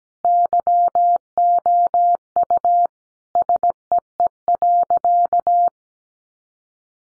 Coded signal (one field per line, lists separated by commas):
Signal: Morse code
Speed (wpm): 17 wpm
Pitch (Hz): 700 Hz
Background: none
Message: YOU SEE.